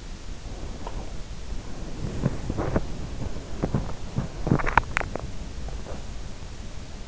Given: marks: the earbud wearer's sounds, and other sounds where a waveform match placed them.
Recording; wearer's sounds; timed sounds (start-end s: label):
sounds in sleep by an in-ear microphone; body movement, swallowing
0.33-5.67 s: body movement
4.33-6.07 s: swallowing